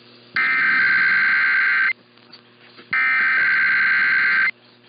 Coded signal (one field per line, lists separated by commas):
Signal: Emergency Alert System (SAME) tones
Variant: header bursts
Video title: The Usual Weekend Tests (EAS #21506-21509) 8/10-11/24